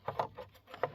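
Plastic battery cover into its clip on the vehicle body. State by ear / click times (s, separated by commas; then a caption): not seated / none. The plastic engine-bay cover over the battery of a 2010–2017 GMC Terrain / Chevy Equinox is handled as it is being lowered and slid sideways toward its clip on the vehicle body. Short, light plastic taps and rattles are heard around 0.1, 0.2, 0.7 and 0.8 seconds. Nothing has seated or clicked in yet.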